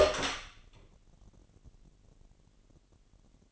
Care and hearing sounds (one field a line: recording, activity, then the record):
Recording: daily activity, microphone in the room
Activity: open door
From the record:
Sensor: 4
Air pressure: 999.2 hPa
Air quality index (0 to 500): 114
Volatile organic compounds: 2 ppm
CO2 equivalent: 1128 ppm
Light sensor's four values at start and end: 13/31/12/14 and 13/34/13/15